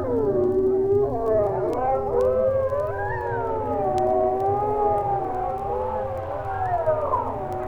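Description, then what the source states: Wolf: wolves howling in chorus, many overlapping wavering howls rising and falling continuously, with a low rumbling background. Wolves baying at the moon.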